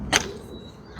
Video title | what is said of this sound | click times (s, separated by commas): @Poposoap Fountain kit unboxing and review. Add the sights and sounds of water to your space | there we go. And snaps into place. | 0.2 s